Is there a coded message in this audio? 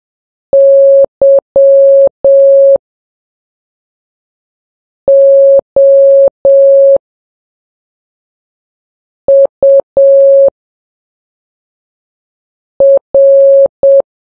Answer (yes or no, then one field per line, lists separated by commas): yes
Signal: Morse code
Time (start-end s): 0.5-14.0 s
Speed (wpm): 7 wpm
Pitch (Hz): 550 Hz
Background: none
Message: YOUR